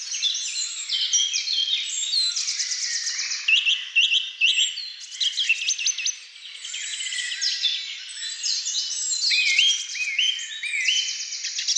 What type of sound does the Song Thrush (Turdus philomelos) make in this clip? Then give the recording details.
song. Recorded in the wild. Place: Waltershofen / Freiburg im Breisgau, Baden-Württemberg, DE. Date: 2005-04-09. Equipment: Minidisc Sony MZ-R35, Telinga DAT, Telinga-Parabolspiegel. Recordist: Schwarz, Dieter. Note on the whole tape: Song